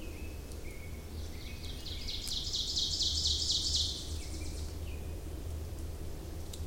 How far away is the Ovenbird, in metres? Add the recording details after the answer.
about 50 m. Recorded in boreal forest in Alberta, Canada, on 26 May 2016 at 07:57. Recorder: SongMeter 3, array SBT-3-15. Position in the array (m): 59 m, 220 m. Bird 20